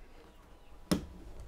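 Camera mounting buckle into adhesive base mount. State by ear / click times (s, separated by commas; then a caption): seated / 0.9 s. A plastic quick-release buckle holding a GoPro HERO 6 Black camera frame is slid into an adhesive base mount. After quiet low-level noise, one sharp, bright snap is heard at 0.9 s, with a faint softer tick around 1.4 s. The buckle locks into the mount and its small tabs pop out.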